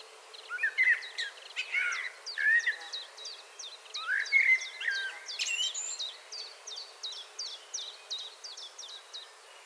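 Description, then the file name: Common blackbird giving several short, rich fluty phrases, some sliding upward, over a busy backdrop of rapid, repeated high chips from other birds. "Turdus merula"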